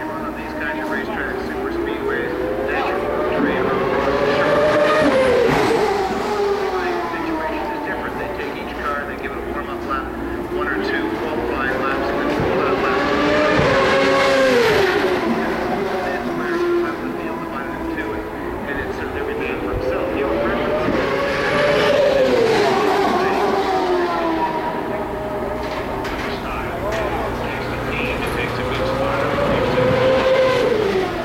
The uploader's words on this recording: The Sounds of IndyCar, 1999 Vancouver. Incredible sounds from the 2.65-liter turbocharged V8s produced by Ford-Cosworth, Mercedes-Benz, Toyota, and those mighty Hondas. Vancouver street race.